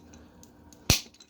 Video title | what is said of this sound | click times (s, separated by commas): Earthrise Trailbreaker Review | push this one in and it'll click into place | 0.9 s